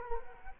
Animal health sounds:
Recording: mosquito wingbeat signal from an infrared sensor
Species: Culex quinquefasciatus

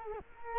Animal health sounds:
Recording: mosquito wingbeat signal from an infrared sensor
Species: Culex quinquefasciatus

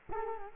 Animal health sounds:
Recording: mosquito wingbeat signal from an infrared sensor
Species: Culex quinquefasciatus

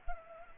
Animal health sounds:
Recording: mosquito wingbeat signal from an infrared sensor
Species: Culex pipiens

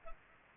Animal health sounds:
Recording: mosquito wingbeat signal from an infrared sensor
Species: Culex pipiens

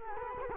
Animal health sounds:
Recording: mosquito wingbeat signal from an infrared sensor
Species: Culex quinquefasciatus

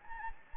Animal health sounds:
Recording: mosquito wingbeat signal from an infrared sensor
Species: Anopheles gambiae

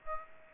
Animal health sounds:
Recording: mosquito wingbeat signal from an infrared sensor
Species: Aedes aegypti

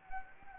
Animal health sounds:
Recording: mosquito wingbeat signal from an infrared sensor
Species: Anopheles gambiae

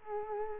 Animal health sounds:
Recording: mosquito wingbeat signal from an infrared sensor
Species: Culex quinquefasciatus

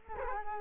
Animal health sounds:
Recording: mosquito wingbeat signal from an infrared sensor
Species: Culex quinquefasciatus

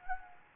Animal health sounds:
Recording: mosquito wingbeat signal from an infrared sensor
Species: Anopheles gambiae

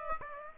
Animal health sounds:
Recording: mosquito wingbeat signal from an infrared sensor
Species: Aedes aegypti

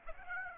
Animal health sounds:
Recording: mosquito wingbeat signal from an infrared sensor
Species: Aedes aegypti

